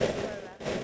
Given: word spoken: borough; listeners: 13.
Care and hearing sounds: one English word in noise, from a listening test; noise modulated by three-talker babble; -6.6 dB; 0 of 13; 6 of 13; 0.43 s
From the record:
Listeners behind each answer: 6, 2, 2, 1, 1, 1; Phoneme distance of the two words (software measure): 30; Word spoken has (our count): 2 syllables, 4 phonemes, stress on syllable 1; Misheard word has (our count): 2 syllables, 4 phonemes, stress on syllable 1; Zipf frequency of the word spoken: 3.84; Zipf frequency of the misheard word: 4.23

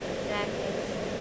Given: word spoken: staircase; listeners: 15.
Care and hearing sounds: one English word in noise, from a listening test; speech-shaped noise; -5.0 dB; 1 of 15; 6 of 15; 0.81 s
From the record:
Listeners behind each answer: 6, 3, 2, 1, 1, 1, 1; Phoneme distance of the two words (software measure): 41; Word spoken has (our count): 2 syllables, 6 phonemes, stress on syllable 1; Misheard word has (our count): 1 syllable, 3 phonemes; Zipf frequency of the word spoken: 3.98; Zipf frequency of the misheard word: 4.65

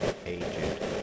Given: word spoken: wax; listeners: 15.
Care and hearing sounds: one English word in noise, from a listening test; noise modulated by three-talker babble; -3.7 dB; 0 of 15; 9 of 15; 0.62 s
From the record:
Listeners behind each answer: 9, 5, 1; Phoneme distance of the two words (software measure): 37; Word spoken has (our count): 1 syllable, 4 phonemes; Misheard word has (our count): 1 syllable, 3 phonemes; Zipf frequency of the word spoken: 3.87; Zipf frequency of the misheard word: 4.30

